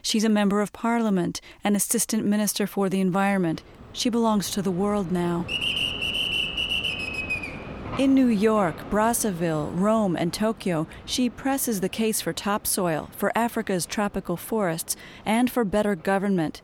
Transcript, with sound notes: She’s a member of Parliament and assistant minister for the environment. She belongs to the world now.
[BUSY STREET SOUNDS]
In New York, Brazaville, Rome and Tokyo, she presses the case for topsoil, for Africa’s tropical forests and for better government